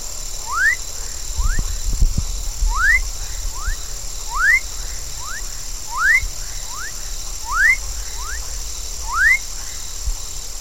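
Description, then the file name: Rufous frog giving sharply rising whistled calls, repeated about every one and a half seconds, with fainter rising whistles between them over a steady high background hum. Ibiúna, São Paulo, Brazil. "Leptodactylus-fuscus-Ibiuna SP-BR 1-99-MD-ASilveira"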